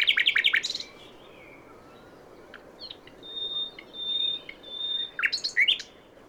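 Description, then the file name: Common nightingale song: a rich rapid trill, a pause, then long pure level whistles and a few slurred notes before another fast burst of notes. "Luscinia megarhynchos"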